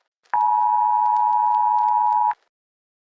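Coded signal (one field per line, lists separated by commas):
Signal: Emergency Alert System (SAME) tones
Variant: 853 and 960 Hz attention tone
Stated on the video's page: Homemade, fictional EAS scenario made for a science class.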